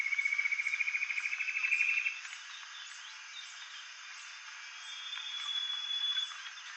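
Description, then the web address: Common paradise kingfisher giving a rapid pulsed trill that climbs gradually for about two seconds, later a thin level whistle, all over constant high-pitched insect buzzing. Indonesia. "ULM-DS-Lab indonesian-bird-sounds. Tanysiptera galatea"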